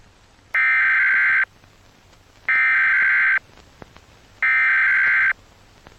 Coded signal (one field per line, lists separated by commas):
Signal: Emergency Alert System (SAME) tones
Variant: header bursts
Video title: Eas scenario #4 im not loving it